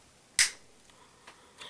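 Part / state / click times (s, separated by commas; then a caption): latch on the back door of the action camera's plastic housing / seated / 0.4 s. A GoPro Hero 2 action camera has been slid into its plastic waterproof housing, and the latch on the housing's back door is closed. It snaps shut with a sharp click at 0.4 s, followed by a few faint ticks and handling sounds. The latch is seated.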